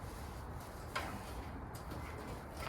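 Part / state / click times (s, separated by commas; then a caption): spark plug boot onto a small engine spark plug / not seated / none. A rubber spark plug boot is handled and pushed toward the terminal of the spark plug on a Troy-Bilt Storm 2410 dual-stage snowblower's small engine, just after the plug was put back in. Low handling noise runs throughout, with brief sharp sounds at about 1.0 s and 2.8 s. Nothing has seated or clicked yet.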